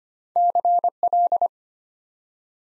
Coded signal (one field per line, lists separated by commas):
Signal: Morse code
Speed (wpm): 25 wpm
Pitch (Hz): 700 Hz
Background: none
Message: CL